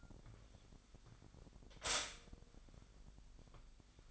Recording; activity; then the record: daily activity, microphone in the room; stop toaster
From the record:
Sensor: 5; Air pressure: 1002.0 hPa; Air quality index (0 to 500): 204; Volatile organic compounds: 19 ppm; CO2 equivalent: 2640 ppm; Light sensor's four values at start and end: 34/108/41/44 and 33/108/41/44